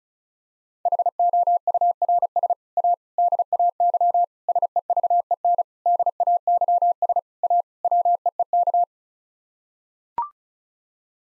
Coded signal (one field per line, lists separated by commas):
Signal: Morse code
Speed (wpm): 34 wpm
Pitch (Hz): 700 Hz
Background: none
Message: HOURS A DAY SEVEN DAYS A WEEK